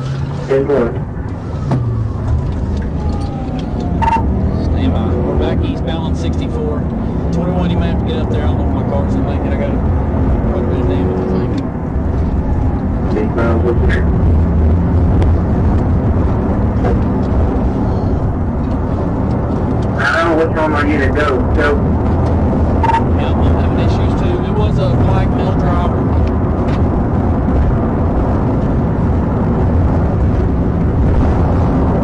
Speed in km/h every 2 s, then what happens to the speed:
32, 53, 71, 95, 101, 111, 121, 130, 137, 137, 138, 145, 147, 153, 161, 163.
0-32 speeds up to 163.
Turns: none.